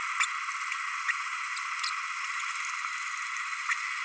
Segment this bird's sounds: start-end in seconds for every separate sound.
0.19-0.27